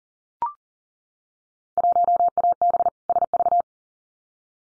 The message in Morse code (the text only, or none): 1AB SV